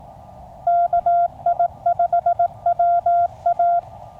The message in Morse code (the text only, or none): KI5WA